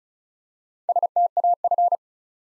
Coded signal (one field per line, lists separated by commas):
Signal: Morse code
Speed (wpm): 36 wpm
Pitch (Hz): 700 Hz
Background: none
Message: STAF